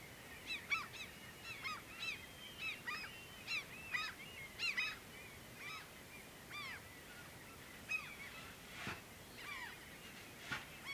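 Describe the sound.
Seabird calls: a busy series of short, arched, harmonic squawks, several birds overlapping in quick succession, with a couple of sharp knocks near the end.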